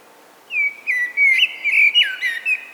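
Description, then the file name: Common blackbird delivering a mellow, fluted whistled phrase of several warbling notes over about two seconds, against a quiet background. "Turdus merula"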